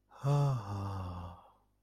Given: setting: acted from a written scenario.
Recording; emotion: vocal sound without words; ecstasy